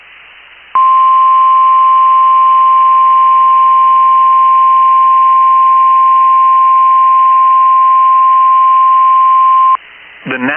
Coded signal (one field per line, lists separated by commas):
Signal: Emergency Alert System (SAME) tones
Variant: 1050 Hz attention tone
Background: speech